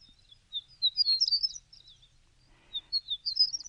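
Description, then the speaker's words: Horned lark song: two bursts of high, tinkling, jumbled twittering notes, quick and sputtering, separated by a short pause, against near silence. "Y hablando de amores, hay un ave que sabe mucho de estas cuestiones tan peliagudas y está cantando ahora mismo para todos nosotros. Es la alondra cornuda."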